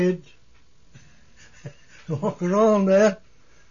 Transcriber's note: he laughs